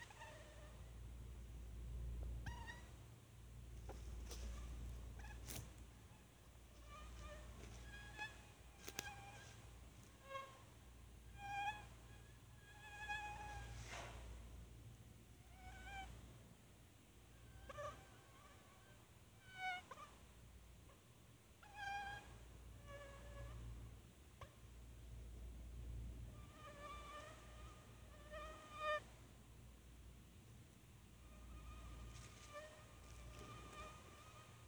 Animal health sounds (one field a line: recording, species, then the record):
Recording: mosquito flight sound by mobile phone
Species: Anopheles minimus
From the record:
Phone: Sony Xperia